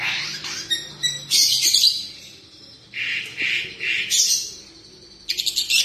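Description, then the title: Long-tailed shrike song mixing harsh, high scratchy bursts with a few fuller, lower repeated notes, delivered in uneven phrases. Combination song. "Cendet Kombinasi"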